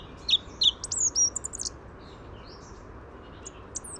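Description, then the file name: Song thrush song: a quick burst of sharp, high chirps and thin whistles in the first two seconds, then only faint, scattered notes over background hiss. "tordo comum"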